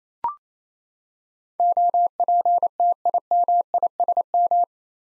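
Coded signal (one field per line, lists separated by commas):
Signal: Morse code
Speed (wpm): 28 wpm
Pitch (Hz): 700 Hz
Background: none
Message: OPTIMISM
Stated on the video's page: Morse head-copy practice of eight-letter words at 28 wpm; each word sent, spoken, then sent again.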